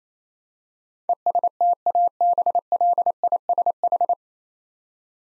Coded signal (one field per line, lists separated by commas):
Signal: Morse code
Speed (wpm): 29 wpm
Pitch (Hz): 700 Hz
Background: none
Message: ESTABLISH